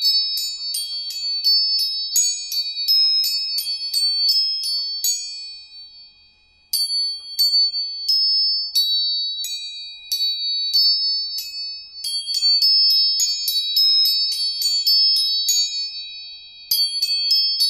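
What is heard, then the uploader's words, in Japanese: Tuning forks are struck again and again, high bright ringing tones with quick taps, overlapping closely, pausing briefly near seven seconds before resuming. 音叉チューニング。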